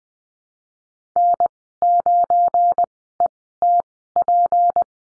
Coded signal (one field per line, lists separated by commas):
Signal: Morse code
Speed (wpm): 20 wpm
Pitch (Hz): 700 Hz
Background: none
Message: N9ETP